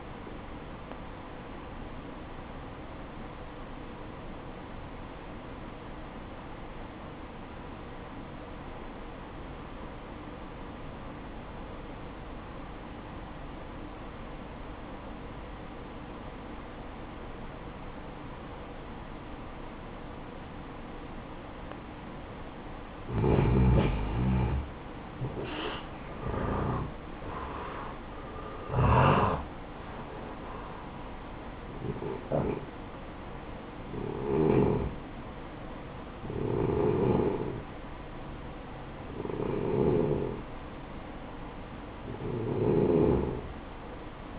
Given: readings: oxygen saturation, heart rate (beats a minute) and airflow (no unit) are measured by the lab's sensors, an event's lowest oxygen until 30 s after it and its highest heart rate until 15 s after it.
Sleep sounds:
breathing in sleep by a voice recorder at the bedside; 1
5.00-24.20 s: obstructive apnea (N1, oxygen 94% highest, then 89% lowest, heart rate 56 at the start, 69 highest)
From the record:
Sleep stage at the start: N1 (lightest sleep); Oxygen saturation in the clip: 87 to 94%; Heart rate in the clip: 55 to 69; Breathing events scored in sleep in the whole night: 573 in 9.8 hours asleep

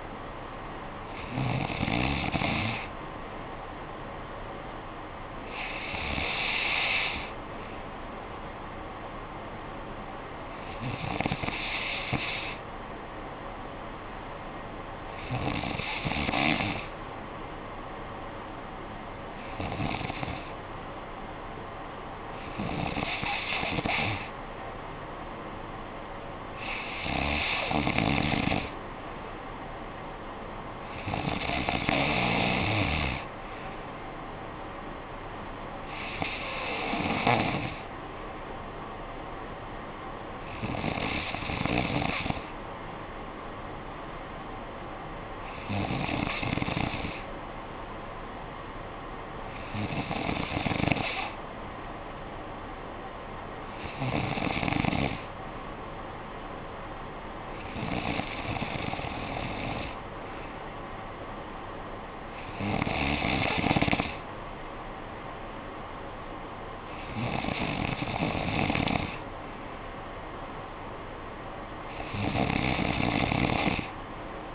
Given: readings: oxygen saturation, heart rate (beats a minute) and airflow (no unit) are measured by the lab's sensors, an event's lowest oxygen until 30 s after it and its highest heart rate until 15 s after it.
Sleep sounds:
breathing in sleep by a voice recorder at the bedside; none
none scored
From the record:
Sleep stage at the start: N3 (deep sleep); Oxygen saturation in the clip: 93 to 94%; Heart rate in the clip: 57 to 64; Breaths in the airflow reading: 17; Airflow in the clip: -9.7 to 5.4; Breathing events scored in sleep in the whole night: 445 in 7.6 hours asleep

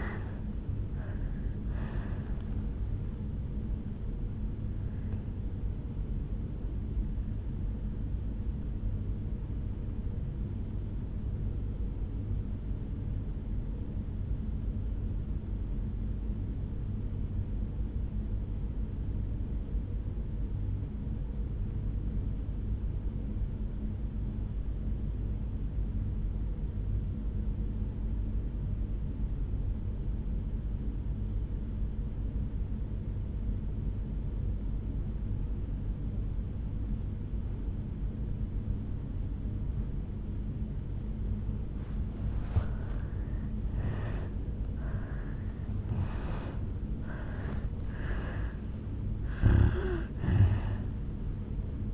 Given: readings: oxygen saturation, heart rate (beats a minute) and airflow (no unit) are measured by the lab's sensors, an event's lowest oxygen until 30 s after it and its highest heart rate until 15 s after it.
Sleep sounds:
breathing in sleep by a smartphone at the bedside; 1
14.00-42.90 s: obstructive apnea (N1, oxygen 97% highest, then 81% lowest, heart rate 56 at the start, 75 highest)
24.00-51.93 s: new sleep stage, N2 (light sleep)
From the record:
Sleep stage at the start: N1 (lightest sleep); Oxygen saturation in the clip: 85 to 97%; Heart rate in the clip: 56 to 76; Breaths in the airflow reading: 6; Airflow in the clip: -11.7 to 7.5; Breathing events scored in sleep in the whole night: 449 in 7.0 hours asleep

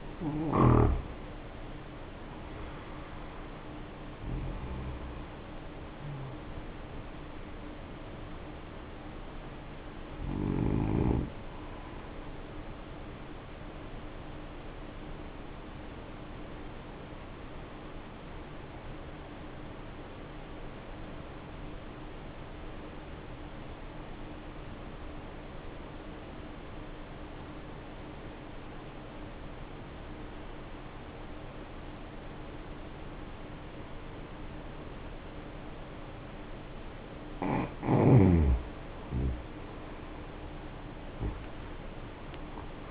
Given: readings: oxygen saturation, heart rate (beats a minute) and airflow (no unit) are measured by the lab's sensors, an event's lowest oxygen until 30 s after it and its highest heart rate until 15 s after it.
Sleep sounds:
breathing in sleep by a voice recorder at the bedside; 1
17.00-38.30 s: obstructive apnea (N2, oxygen 95% highest, then 77% lowest, heart rate 56 at the start, 73 highest)
32.00-42.91 s: new sleep stage, N1 (lightest sleep)
From the record:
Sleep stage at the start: N2 (light sleep); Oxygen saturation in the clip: 79 to 95%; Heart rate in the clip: 56 to 72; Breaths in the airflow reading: 5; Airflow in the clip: -9.3 to 10.4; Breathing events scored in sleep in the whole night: 520 in 7.2 hours asleep

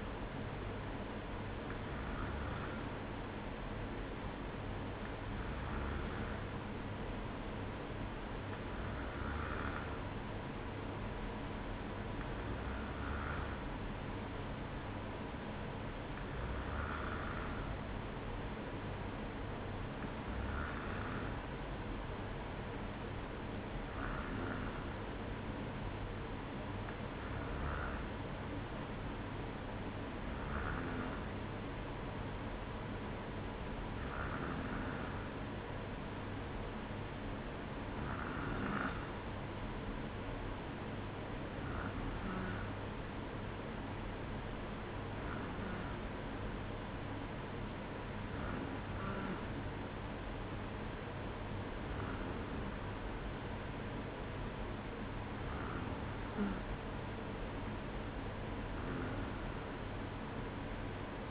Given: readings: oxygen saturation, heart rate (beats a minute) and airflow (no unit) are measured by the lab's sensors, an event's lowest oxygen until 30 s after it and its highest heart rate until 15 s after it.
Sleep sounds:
breathing in sleep by a voice recorder at the bedside; none
none scored
From the record:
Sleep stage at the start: N2 (light sleep); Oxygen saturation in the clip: 94%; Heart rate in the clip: 54 to 58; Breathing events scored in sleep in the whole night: 305 in 9.6 hours asleep

